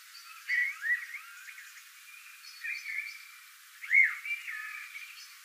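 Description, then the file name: Eurasian blackbird making soft, fluty whistles that swoop up and down in short phrases, with quiet gaps between them. "Turdus merula"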